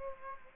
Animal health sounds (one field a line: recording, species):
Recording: mosquito wingbeat signal from an infrared sensor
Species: Aedes aegypti